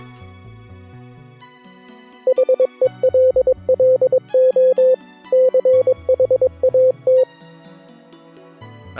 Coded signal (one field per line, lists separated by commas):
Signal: Morse code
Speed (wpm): 22 wpm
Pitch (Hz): 520 Hz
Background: music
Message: HELLO CHAT